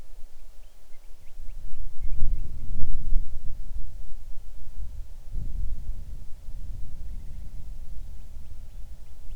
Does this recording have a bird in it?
yes